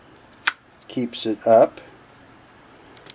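A pop-up spool pin on the plastic rear cover of a Singer Model 353 Genie sewing machine is raised, and a sharp click at 0.5 s marks the hitch pin snapping into the cutouts on the pin to hold it up. Someone talks afterward, and a couple of faint ticks follow near the end.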